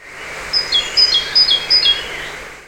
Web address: Great Tit